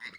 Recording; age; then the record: pig call; piglet (1 to 25 days)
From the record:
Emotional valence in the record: positive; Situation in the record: reunion after long isolation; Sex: female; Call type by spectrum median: low-frequency call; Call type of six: low-frequency tonal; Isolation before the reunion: 8 minutes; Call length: 0.19 s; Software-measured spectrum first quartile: 1904 Hz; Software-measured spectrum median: 2181 Hz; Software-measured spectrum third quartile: 3859 Hz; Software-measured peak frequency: 2060 Hz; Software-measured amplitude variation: 178 dB a second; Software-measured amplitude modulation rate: 13.4 a second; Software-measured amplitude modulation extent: 13.3 dB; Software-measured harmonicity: 7.9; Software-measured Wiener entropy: -2.17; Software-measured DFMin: 747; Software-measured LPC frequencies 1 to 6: 2021, 3860, 5109, 6804, 8379, 9254 Hz